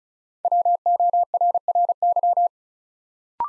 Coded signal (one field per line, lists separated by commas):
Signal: Morse code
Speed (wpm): 36 wpm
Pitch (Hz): 700 Hz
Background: none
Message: WORRY